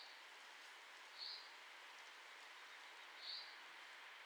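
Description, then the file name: Common chaffinch, two clipped high call notes about two seconds apart, heard through a steady hissing background. "Fringilla coelebs"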